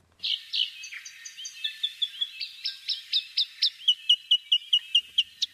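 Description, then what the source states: South Island robin song: clear high chirps and slurred notes, then a steady run of sharp, evenly spaced whistled notes, with no other clear sounds. Native New Zealand bird, Toutouwai; found in a survey of 47 Fiordland islands to be among native birds expected to thrive if New Zealand becomes predator-free.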